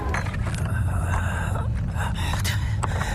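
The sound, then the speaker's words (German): Ragged, heavy gasping for breath in thick, hot, fog-like air, several breathy pulls in uneven rhythm over a steady low rumble, with faint scuffing underneath. “Diesen Mist kann man kaum atmen.”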